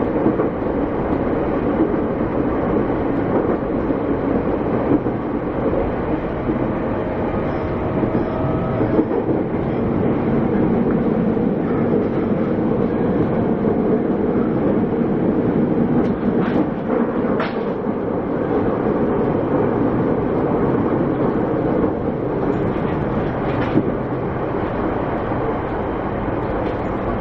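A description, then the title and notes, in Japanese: Inside a commuter train on a long stretch between stations, a dense steady rumble and rattle continues throughout, with faint whining motor tones and occasional clicks. JRE231系 成田〜我孫子。常磐線直通電車の成田線区間で録音している。午後の乗客の少ない時間での乗車の為、話し声が無い狀態で録音出来ています。成田線は駅間が長いため、モーターの高鳴りが激しくなっている。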